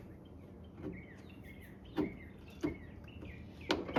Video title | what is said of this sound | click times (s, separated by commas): Installing a Hood Bug Deflector on My Ranger - Here's What Happened | you'll hear it pop out like that. | 3.7 s